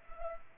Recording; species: mosquito wingbeat signal from an infrared sensor; Culex pipiens